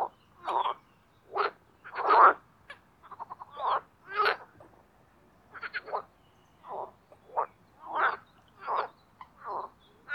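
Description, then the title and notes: Marsh frogs giving separate short croaks and rattling pulses, with quiet gaps between calls. Spring mating chorus in an artificial pond created for water activities at Parc Chédeville, Oise; after a cold night. "Les grenouilles et l’avion. Parc Chédeville dans l'Oise. des grenouilles rieuses se donnent rendez-vous au printemps pour un concert amoureux. La Grenouille rieuse ( Pelophylax ridibundus )"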